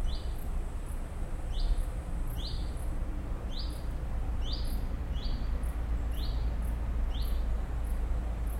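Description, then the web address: Bird chirps: quick downslurred notes repeated about once a second, with high-pitched ticks and a continuous low city rumble below. Birds recorded with city noise in the background. "el sonido de las aves con el ruido de la ciudad de fondo"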